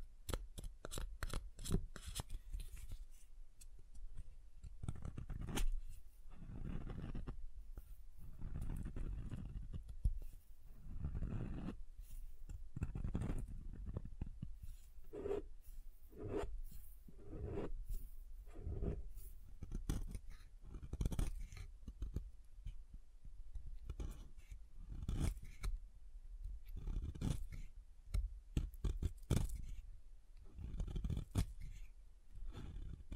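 Soap being tapped and carved. A quick run of crisp taps opens the first few seconds, then low, dull scraping strokes repeat every second or so until the end, each a short rough burst with thin clicks between.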